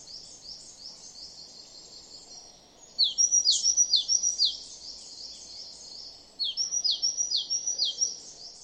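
Great tit uttering two fast strings of bright, falling notes, the second starting after six seconds, over steady low rumbling background noise.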